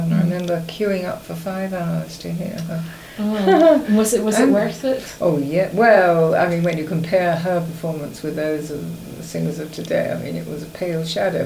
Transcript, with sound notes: I remember queuing up for five hours to hear her.
Aw! [laughs] And was it worth it?
Oh yeah, we-ell. I mean, when you compare her performance with those of the singers of today, I mean it was a pale shadow.